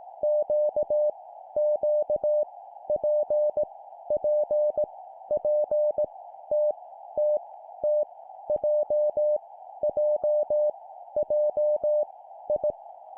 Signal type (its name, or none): Morse code